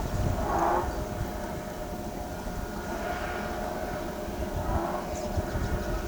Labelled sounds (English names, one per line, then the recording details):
none
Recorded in pastures near Pivijay, Magdalena, Colombia, on 14 April 2023 at 15:30
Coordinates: 10.456, -74.369
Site P6-G026